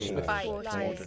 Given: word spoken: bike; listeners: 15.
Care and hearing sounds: one English word in noise, from a listening test; four-talker babble; -2.2 dB; 1 of 15; 6 of 15; 0.67 s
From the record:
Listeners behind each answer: 6, 1, 1, 1, 1, 1, 1, 1, 1, 1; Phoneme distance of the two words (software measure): 20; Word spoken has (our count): 1 syllable, 3 phonemes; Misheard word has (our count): 1 syllable, 3 phonemes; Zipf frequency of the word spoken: 4.58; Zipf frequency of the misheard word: 5.04

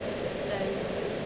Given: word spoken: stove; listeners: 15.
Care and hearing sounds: one English word in noise, from a listening test; speech-shaped noise; -6.1 dB; 3 of 15; 6 of 15; 0.86 s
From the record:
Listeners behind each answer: 6, 3, 3, 1, 1, 1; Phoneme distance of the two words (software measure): 17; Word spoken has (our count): 1 syllable, 4 phonemes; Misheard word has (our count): 1 syllable, 3 phonemes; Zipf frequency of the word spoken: 3.67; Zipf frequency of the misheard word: 4.81

